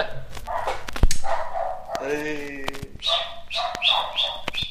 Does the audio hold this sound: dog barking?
yes